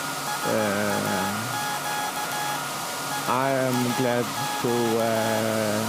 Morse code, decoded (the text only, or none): SAQ SAQ